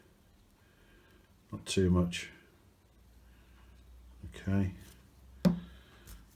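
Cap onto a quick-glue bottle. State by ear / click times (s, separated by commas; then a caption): seated / 5.4 s. Someone talks, then the plastic top is pushed back onto a quick-glue bottle after a dab of glue has been applied. The cap closes with a sharp snap at 5.4 s, seating it shut.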